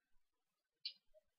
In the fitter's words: right oh my word there oh that was a good click well done